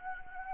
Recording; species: mosquito wingbeat signal from an infrared sensor; Anopheles gambiae